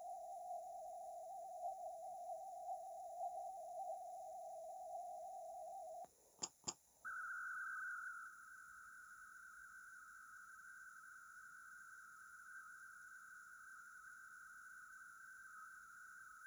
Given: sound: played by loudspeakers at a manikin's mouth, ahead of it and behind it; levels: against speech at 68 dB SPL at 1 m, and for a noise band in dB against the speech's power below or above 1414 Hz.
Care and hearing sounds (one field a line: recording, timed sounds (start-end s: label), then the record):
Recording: test signals for a remote microphone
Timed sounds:
0.00-6.04 s: noise band at 707 Hz, as loud as that band is in speech
6.42 s: click
6.67 s: click
7.04-16.47 s: noise band at 1414 Hz, as loud as that band is in speech
From the record:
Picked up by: remote microphone A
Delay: 47 ms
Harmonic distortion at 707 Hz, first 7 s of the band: under -40 dB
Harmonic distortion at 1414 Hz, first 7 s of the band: under -37 dB